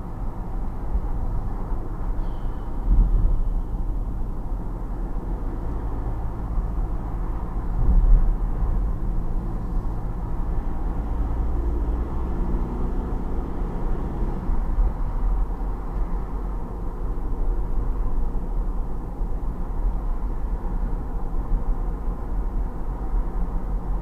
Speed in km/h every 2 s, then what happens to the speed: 40, 40, 38, 38, 38, 40, 44, 48, 48, 48, 46, 48.
0-8 steady at about 38. 8-13 speeds up to 48. 13-24 steady at about 48.